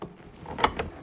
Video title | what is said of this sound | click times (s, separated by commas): Reinstalling the Headliner, Trim, and Seats back in the Silverado | then you just push, kind of slide down the rail until it clicks in. There we go. | 0.6 s